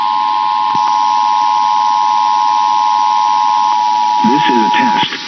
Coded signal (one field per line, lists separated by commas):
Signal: Emergency Alert System (SAME) tones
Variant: 853 and 960 Hz attention tone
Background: speech